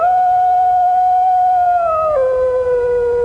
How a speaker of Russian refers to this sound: Зенон окончательно убедился в том, что змееволосая действительно его отпустила, когда на столе раненым волком завыл его телефон.